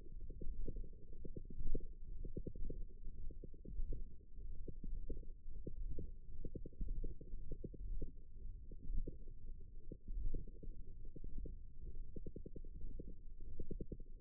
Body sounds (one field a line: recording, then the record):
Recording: forearm muscle sounds (acoustic myography)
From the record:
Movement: radial deviation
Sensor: system 1, eight BSWA MPA416 microphones around the upper forearm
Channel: 2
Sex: female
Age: 22 years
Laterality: right